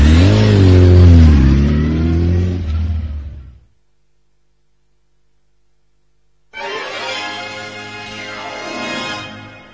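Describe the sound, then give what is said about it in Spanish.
A motorcycle is started and revved: its engine revs loudly, pitch climbing and wavering, then cuts out into a few seconds of silence before roaring back with another run of rising, sweeping revs. “Señores, en este país donde se pudre tan fácil la cabecita, tenemos el enorme placer de una vez más arrancar esta moto del Toto,”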